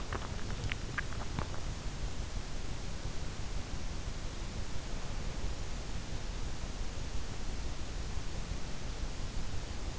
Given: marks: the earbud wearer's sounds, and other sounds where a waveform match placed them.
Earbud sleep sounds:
sounds in sleep by an in-ear microphone; body movement
0.00-1.75 s: body movement

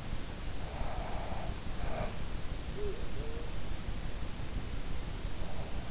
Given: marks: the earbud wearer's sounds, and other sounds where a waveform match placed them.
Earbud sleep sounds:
sounds in sleep by an in-ear microphone; breath
0.42-2.99 s: breath

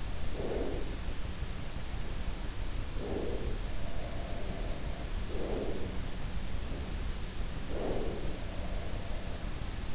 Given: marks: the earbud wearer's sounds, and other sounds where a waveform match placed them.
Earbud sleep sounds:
sounds in sleep by an in-ear microphone; breath
0.00-1.29 s: breath
2.74-3.77 s: breath
3.59-5.44 s: sound from someone else or the room
5.13-6.24 s: breath
7.55-8.38 s: breath
7.88-9.81 s: sound from someone else or the room

